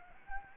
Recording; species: mosquito wingbeat signal from an infrared sensor; Anopheles gambiae